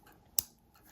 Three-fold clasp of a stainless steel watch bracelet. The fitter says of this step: You can lock the Grand Seiko, you can hear it.